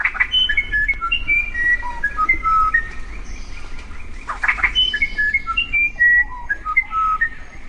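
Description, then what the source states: Musician wren song: a long sequence of clear, pure whistled notes at varied pitches, rising and falling like a tune. South American wren; considered by many the most legendary singer among wrens.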